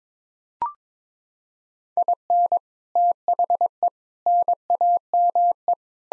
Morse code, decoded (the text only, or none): IN THE NAME